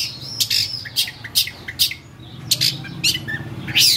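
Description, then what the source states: Long-tailed shrike song of spaced harsh scratchy squawks and short buzzes over a steady low hum. Training (master) recording for songbird keepers; Indonesian name cendet.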